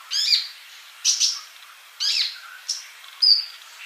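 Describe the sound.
Bird calls as harsh, buzzy chirps repeated several times, ending with a thin high whistle.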